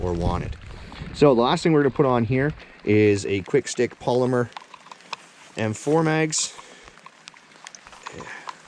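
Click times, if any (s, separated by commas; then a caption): 7.3 s, 8.5 s. Polymer quick-stick retention straps of an M4 magazine pouch are threaded through the webbing of a MOLLE belt in cold rain while someone talks. After the talking, faint handling noises lead to two sharp clicks at 7.3 s and 8.5 s as the sticks lock into the belt webbing, seating the pouch.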